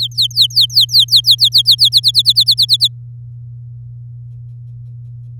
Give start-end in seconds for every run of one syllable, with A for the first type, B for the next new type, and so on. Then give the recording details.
0.00-1.89 A, 1.92-2.88 B. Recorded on 9 May 2018 at 05:43. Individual llb16